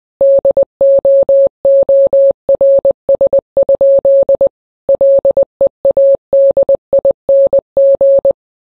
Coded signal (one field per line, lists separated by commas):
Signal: Morse code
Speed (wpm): 20 wpm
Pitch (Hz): 550 Hz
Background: none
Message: DOORS? LEADING